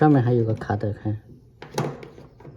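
Someone talks while a plastic hose is pressed into the upper plastic retaining clip inside a washing machine that is being taken apart to replace its triangular drum support bracket. The hose snaps into the clip with a sharp click at 1.6 s, followed by a few fainter clicks and rustles, and it is seated.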